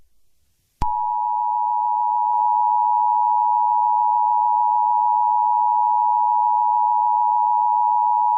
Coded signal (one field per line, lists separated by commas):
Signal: Emergency Alert System (SAME) tones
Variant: 853 and 960 Hz attention tone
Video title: Fires from Heaven - REMASTERED (EAS Scenario)